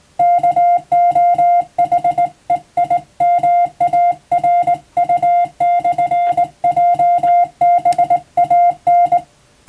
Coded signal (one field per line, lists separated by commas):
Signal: Morse code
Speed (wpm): 20 wpm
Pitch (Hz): 700 Hz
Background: music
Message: KOHEIMARU/JBAN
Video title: 無線通信士の国家試験の練習風景です。電鍵を操作する電気通信術の実技試験もあります。アマチュア無線ハムの受信練習にもどうぞ(morse code practice radio operator )